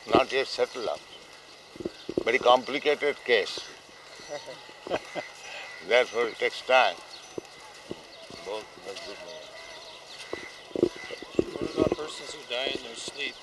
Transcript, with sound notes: Not yet settled up; very complicated case. [chuckles] Therefore it takes time.
What about persons who die in their sleep?